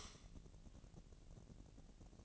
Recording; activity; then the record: daily activity, microphone in the room; light off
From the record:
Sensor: 4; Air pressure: 1002.8 hPa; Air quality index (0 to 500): 249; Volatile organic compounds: 12 ppm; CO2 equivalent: 2375 ppm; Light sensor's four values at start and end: 7/16/6/7 and 6/14/6/6